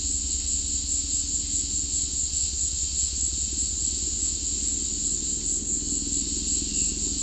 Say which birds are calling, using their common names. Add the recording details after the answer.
none. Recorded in dense forest near Puerto Asís, Putumayo, Colombia, on 19 February 2024 at 15:00. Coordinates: 0.496, -76.326. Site G6383